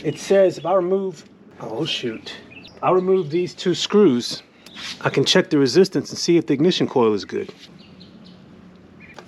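A screwdriver turns one of the two small screws that hold the ignition coil in the distributor of a 1988 car while someone talks. After the talking stops, faint scraping sounds at about 8.0 s and 8.3 s are followed by a sharp slip at 9.2 s as the screw head strips under the screwdriver while loosening.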